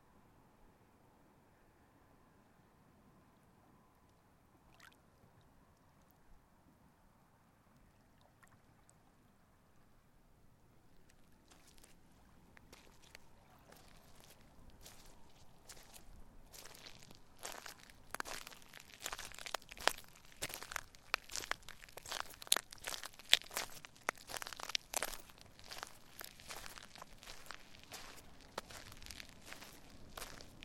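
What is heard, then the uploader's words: Walking on a causeway in southwest Florida: the first ten seconds are quiet, with a low rumble and a faint steady tone. Then crunching, crackling steps begin, growing louder and denser, busiest and sharpest from about eighteen seconds to the end. A stereo recording of walking on a causeway in southwest florida.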